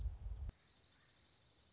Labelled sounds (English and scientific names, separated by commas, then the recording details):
Dark-eyed Junco (Junco hyemalis)
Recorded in Sonoma County, California